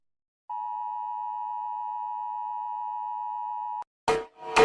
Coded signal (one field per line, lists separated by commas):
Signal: Emergency Alert System (SAME) tones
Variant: 853 and 960 Hz attention tone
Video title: Rating EAS alarms from around the world based on how scary they are